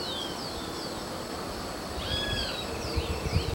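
Bird calls: thin, high descending whistles and slurred notes scattered over a noisy rumbling background, with a few low thumps near the end.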